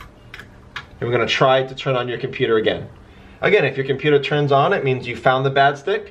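A second RAM stick in a laptop memory slot is released by pushing its retaining clips apart so the module pops up, with sharp clicks at 0.3 s and 0.8 s. Then someone talks over the rest of the clip.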